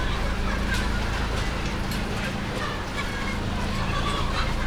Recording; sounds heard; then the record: poultry house recording; healthy chickens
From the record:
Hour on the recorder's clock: 23